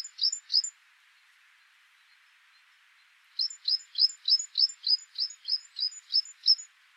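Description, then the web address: Great tit giving two brief notes, then after a long gap a run of about ten quick two-part calls, each a high tick dropping into a lower swept note. "SETE data Parus major"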